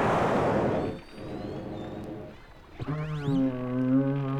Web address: wild whale killers